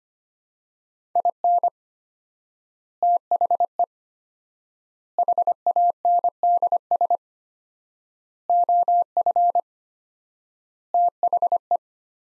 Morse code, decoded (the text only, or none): IN THE HANDS OF THE